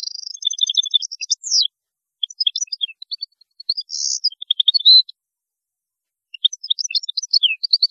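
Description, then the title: European goldfinch singing: high jangling twitters, a brief buzzy note and a sharp whistle, then a silent gap before more tinkling phrases. "Chant Chardonneret"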